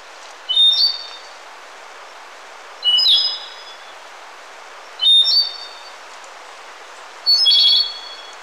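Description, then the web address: Andean solitaire song: four brief, high, fluty phrases of several ringing notes, given about every two seconds, over faint background hiss. Ecuador. "Birds of Ecuador. Andean Solitaire"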